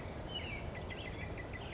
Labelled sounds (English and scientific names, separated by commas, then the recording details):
Western Flycatcher (Empidonax difficilis)
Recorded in Sonoma County, California